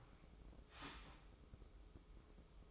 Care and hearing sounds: daily activity, microphone in the room; start toaster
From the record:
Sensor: 1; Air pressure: 995.3 hPa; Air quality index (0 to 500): 25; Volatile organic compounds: 0 ppm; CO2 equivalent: 502 ppm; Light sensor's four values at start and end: 18/59/21/23 and 18/59/21/23

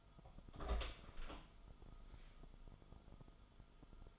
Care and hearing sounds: daily activity, microphone in the room; open door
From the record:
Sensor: 5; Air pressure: 1005.1 hPa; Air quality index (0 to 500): 94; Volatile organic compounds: 2 ppm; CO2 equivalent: 1143 ppm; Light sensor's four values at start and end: 35/81/33/31 and 35/80/32/31

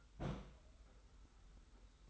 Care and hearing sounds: daily activity, microphone in the room; place on stove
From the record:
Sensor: 3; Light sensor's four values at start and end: 45/124/51/44 and 45/124/51/44

